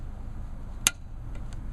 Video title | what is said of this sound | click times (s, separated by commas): How to Change Clutch Honda Civic 96-00 (Full) | All right. And I'm just turning the final turn on this bolt here. And you're going to listen for the click. | 0.9 s